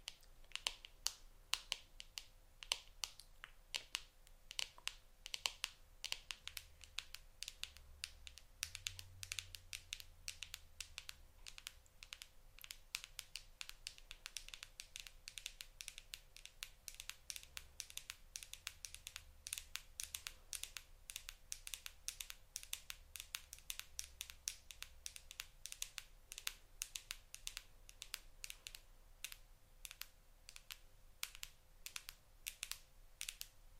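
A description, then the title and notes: Acrylic nails tap on a phone screen in quick, sharp clicks that run continuously for the whole stretch, dense and fairly even with occasional brief clusters. The taps are bright and crisp, over a faint low hum and a steady thin tone. ASMR Tingly Acrylic Nail Tapping On Phone Screen.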